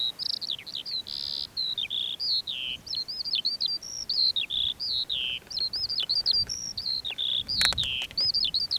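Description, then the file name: Lark song, a fast run of high whistled and slurred notes, many dropping in pitch, in short bursts with brief gaps; a faint rustle near the end. Perched on a post; recorded 19 June 2021 at 09:48. "2021-06-19-09 48 18-lark-on-post"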